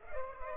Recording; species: mosquito wingbeat signal from an infrared sensor; Culex pipiens